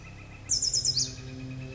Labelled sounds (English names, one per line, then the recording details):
Northern Flicker
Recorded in Sonoma County, California